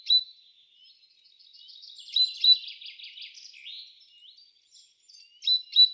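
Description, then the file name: Great tit calls: a single bright note, a long buzzy churring rattle, then a pair of sharp metallic notes at the end. "Parus major"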